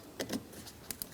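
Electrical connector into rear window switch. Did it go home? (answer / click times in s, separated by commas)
no / none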